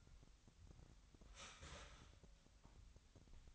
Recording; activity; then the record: daily activity, microphone in the room; start toaster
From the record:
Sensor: 3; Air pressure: 1001.8 hPa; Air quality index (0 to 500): 246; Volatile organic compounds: 49 ppm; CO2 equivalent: 3282 ppm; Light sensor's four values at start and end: 14/42/18/16 and 14/42/18/16